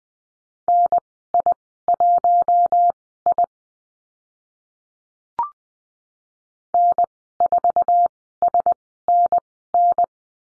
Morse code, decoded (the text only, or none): NI1I N4SNN